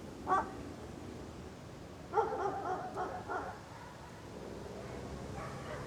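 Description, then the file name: Dog barks: a single bark, then a burst of several rapid barks in the middle, followed by quieter outdoor background noise. Outdoor ambience. "outdoor ambience dog barking"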